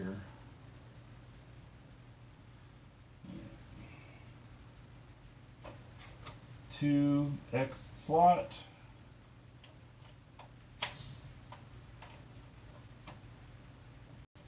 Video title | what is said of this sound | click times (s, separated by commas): Super Computer Build LIVE - 32 Core AMD Threadripper 2 - 64gb Memory etc. | There, we heard the click. | 10.8 s